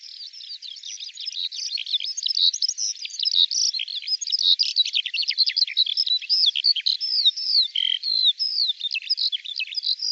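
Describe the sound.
Bird giving a long, continuous high-pitched warble of rapid twitters and trills, growing slightly louder after the opening seconds.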